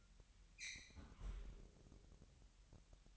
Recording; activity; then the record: daily activity, microphone in the room; close fridge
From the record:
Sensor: 3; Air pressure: 1001.9 hPa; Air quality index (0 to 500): 240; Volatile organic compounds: 45 ppm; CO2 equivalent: 3222 ppm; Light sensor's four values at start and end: 12/37/16/13 and 12/37/16/13